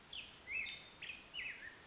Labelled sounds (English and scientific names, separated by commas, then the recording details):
Black-headed Grosbeak (Pheucticus melanocephalus)
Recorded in Sonoma County, California